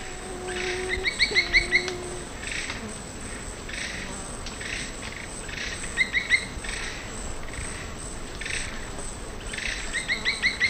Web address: Natures Songs S America Eastern Lowlands. Dendrocincla merula, calls or song